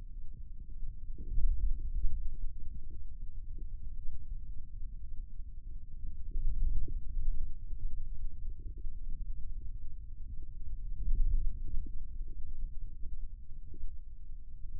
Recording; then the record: forearm muscle sounds (acoustic myography)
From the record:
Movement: hand opening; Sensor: system 2, bracelet of six BSWA MPA416 microphones around the upper forearm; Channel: 3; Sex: male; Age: 22 years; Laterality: right